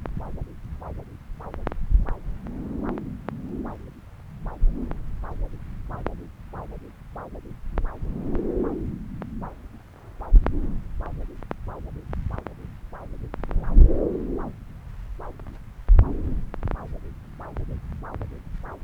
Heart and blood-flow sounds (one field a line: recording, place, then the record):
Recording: Doppler ultrasound of blood flow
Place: left subclavian vein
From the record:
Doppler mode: continuous wave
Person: adult scuba diver, at rest before a dive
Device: O'Dive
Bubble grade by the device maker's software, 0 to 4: 0